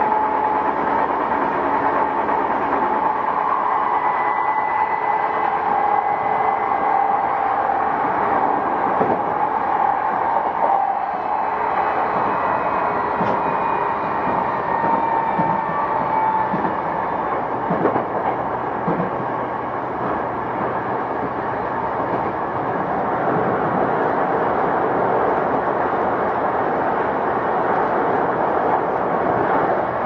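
A Tokyo Metro 05 series wide-door train rides between stations with a steady, dense rumble of wheels and car noise throughout. Thin whining tones rise and fall over the first half, and a few clanks and joint knocks break through now and then.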